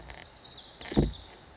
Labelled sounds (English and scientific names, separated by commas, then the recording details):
Lazuli Bunting (Passerina amoena)
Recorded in Sonoma County, California